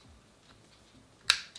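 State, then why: Seated. A SATA data cable's L-shaped plug is lined up with the SSD's L-shaped port and pushed on. After a quiet stretch, it clicks into place with a sharp, bright snap at 1.3 s, followed by a faint tick at 1.6 s. The connector is seated.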